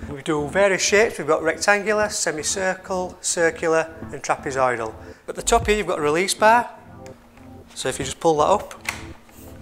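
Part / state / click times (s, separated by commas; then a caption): flip-top table top into its folded locking mechanism / not seated / none. Someone talks while handling a flip-top table, reaching the release bar at the top of the table top and pulling it up so the top can be folded down into its locking mechanism. A few faint sharp knocks sound near the end, at about 7.4, 9.3 and 9.6 seconds. Nothing has locked into place yet.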